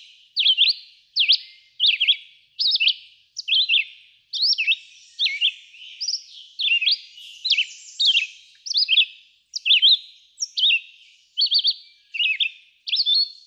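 Red-eyed vireo singing a long, even series of short whistled phrases with short gaps between.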